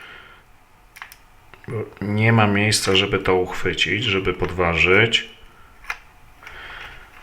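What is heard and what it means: Someone talks while prying a blank cover plug out of the shell of an HLB LINT 41 model railbus, where a speaker or decoder would otherwise sit; the plug is hard to remove because there is nothing to grip. A few light ticks are heard early on, then a short sharp hit at 5.9 s as the plug pops out and is released.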